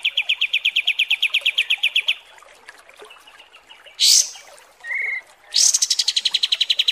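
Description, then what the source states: Kapas tembak song: long rapid trill of clicking pulses, a pause, a brief sharp high note, a short flat whistle, then another fast pulsed trill. Masteran tutor song for training cage birds, described as deluxe (mewah).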